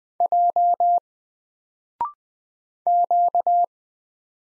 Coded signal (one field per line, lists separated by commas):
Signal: Morse code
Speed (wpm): 20 wpm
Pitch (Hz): 700 Hz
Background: none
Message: J Q